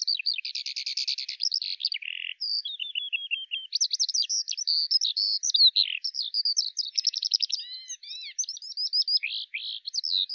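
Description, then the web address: Bird song of fast buzzy trills and rattles mixed with high twittering phrases and descending whistled notes, delivered without pause. "Deverinetal 2025 File cleaned normalized Bird Al Ar"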